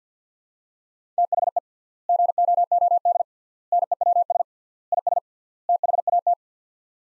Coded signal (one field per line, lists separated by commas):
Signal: Morse code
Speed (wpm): 50 wpm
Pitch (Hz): 700 Hz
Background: none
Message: THE GOOD NEWS IS THAT